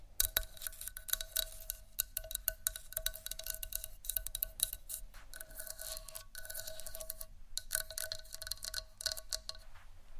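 Rapid scratching and tapping on a hard surface, a dense stream of sharp, crisp clicks and scrapes that rarely pauses. Bursts thicken around two seconds and again between five and seven seconds. A faint steady ringing tone and low hum run underneath throughout.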